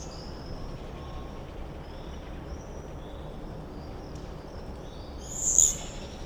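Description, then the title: Common swift screams, thin high shrieks drifting faintly throughout, with one louder burst near the end over a steady low background hum. Summer evening in a backyard in Bytom, Poland; many swifts circling; recorded with Zoom F4 and AT BP4025. "Zygmunta Starego 3, Bytom, Poland - Backyard swifts"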